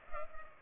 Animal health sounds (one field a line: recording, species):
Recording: mosquito wingbeat signal from an infrared sensor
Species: Culex pipiens